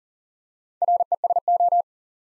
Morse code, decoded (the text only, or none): RESO